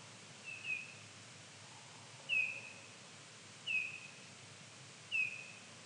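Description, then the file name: Eurasian bullfinch calling with gentle, low piping whistles, each brief and falling a little, four notes spaced over a few seconds against faint hiss. "Pyrrhula pyrrhula"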